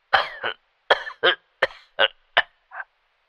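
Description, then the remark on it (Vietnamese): A harsh, violent coughing fit from an old man on the other end of a phone line: about seven loud, raspy coughs in uneven bursts, some paired, with brief wheezing gaps and panting between them and no talking. “Tiếng ho sặc sụa ở đầu dây bên kia làm cho ông cầu lo lắng.”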